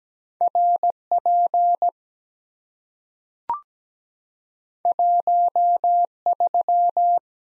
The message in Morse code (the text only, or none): R P 1 3